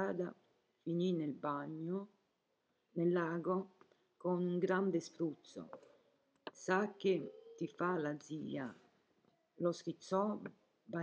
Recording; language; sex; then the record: read passage; Italian; female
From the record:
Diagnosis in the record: healthy control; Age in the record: 70 years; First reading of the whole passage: 149 s, 3.0 characters per second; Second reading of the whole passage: 105 s, 4.4 characters per second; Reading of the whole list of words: 65 s, 4.0 characters per second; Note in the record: marked for poor recording quality or reading difficulty